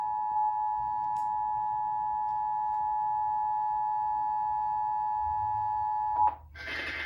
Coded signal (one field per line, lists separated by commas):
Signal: Emergency Alert System (SAME) tones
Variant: 853 and 960 Hz attention tone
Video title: EAS severe thunderstorm warning on two of my TV’s